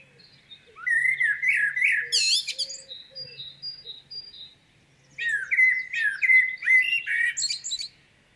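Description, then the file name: Common blackbird phrases: mellow warbled notes that break into squeaky high twittering, two bursts separated by a short pause, with a faint low hum beneath. "Turdus merula"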